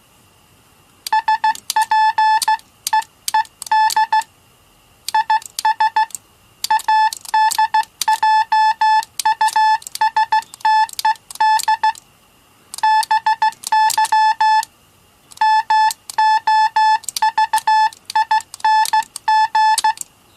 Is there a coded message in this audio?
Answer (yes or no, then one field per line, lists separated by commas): yes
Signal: Morse code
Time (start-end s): 1.1-19.9 s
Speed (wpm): 15 wpm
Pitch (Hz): 870 Hz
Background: none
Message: SPEED IS ADJUSTED BY MOVING